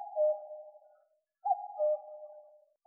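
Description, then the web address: Common cuckoo calling its two-note cu-coo, the second note lower, repeated about every one and a half seconds on a silent background. "Cuculus canorus"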